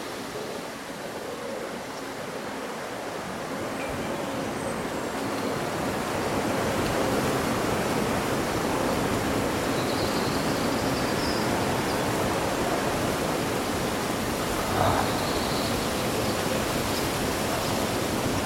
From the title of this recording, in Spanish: Día ventoso de verano, susurro de hojas y canto de pájaros